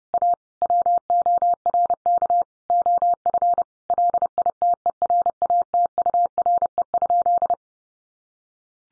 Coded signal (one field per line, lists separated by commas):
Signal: Morse code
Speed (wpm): 30 wpm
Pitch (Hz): 700 Hz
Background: none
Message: A WORK OF LITERATURE?